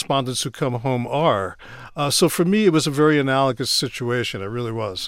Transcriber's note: none